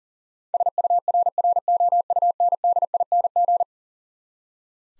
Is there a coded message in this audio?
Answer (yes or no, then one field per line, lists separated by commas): yes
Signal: Morse code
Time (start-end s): 0.5-3.6 s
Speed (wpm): 40 wpm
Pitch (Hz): 700 Hz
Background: none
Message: SURROUNDING